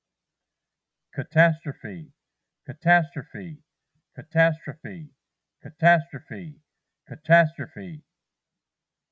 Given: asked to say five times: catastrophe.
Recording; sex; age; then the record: repeated word; male; 50 to 59 years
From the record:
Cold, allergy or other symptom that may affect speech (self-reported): no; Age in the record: 57 years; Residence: North Carolina, United States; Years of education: 21